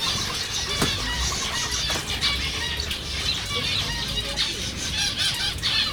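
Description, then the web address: Zebra finch calls: a dense aviary chatter of short nasal beeps and chirps, many birds calling at once without pause, with faint low rumble beneath. Recorded at a zoo in Jászberény in 2015. "jaszberenyizoo 2015 professzionalis zebrapinty"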